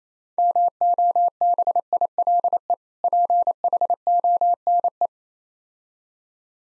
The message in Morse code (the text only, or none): MOBILE PHONE